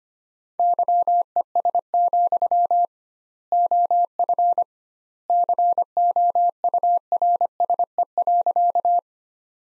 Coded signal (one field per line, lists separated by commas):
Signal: Morse code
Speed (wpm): 25 wpm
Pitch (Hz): 700 Hz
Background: none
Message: YES, OF COURSE.